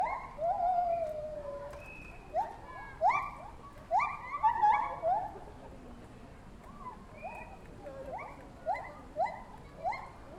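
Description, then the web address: White-handed gibbon calls: a long sliding wail, then a cluster of upswept hoots, before spaced rising notes resume more softly toward the end. Distant calls recorded in zoo ambience; ambisonic recording. "Sonic Bat - Ambisonics - Zoo. Zoo Ambience with Distant White-Handed Gibbon Calls"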